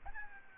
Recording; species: mosquito wingbeat signal from an infrared sensor; Aedes albopictus